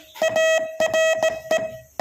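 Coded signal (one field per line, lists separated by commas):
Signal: Morse code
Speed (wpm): 18 wpm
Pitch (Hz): 640 Hz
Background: none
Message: ARE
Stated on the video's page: Real Morse signalling recorded at slightly above 20 words per minute.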